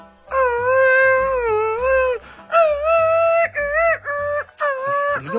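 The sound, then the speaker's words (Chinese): A bowed erhu plays a wailing, sliding melody in sustained, wavering high notes with short breaks between phrases, over a faint low accompaniment; no one speaks. “不，没有婴儿， 哭这惨的，虐待儿童了。 没，二胡，你看这心声音小了啊，这，咱慢慢的啊。”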